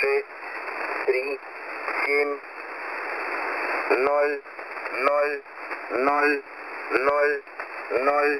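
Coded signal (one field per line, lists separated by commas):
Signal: numbers station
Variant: S06 Russian Man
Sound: a male voice reading short spoken words at a steady pace through shortwave static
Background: radio static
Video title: S06 Russian Man 07/07/2023 2100 UTC 8037kHz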